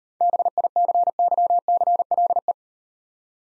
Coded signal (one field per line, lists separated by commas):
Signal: Morse code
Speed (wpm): 38 wpm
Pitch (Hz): 700 Hz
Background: none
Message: BICYCLE